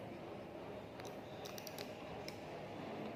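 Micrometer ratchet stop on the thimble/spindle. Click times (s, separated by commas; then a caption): 1.0 s, 1.6 s, 1.7 s, 1.8 s, 2.3 s. During zero calibration of a metal outside micrometer, the spindle and anvil are brought into contact and the ratchet thimble is turned two to three times. The ratchet stop slips at its set measuring force with short, sharp clicks at 1.0, 1.6, 1.7, 1.8 and 2.3 seconds over a steady background hiss. No one talks.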